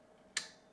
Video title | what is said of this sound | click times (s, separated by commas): XTOOL S1 Laser Cutter: Complete Unboxing & Setup - S1 Basic Kit, with Air Assist | You will feel it click into place. | 0.4 s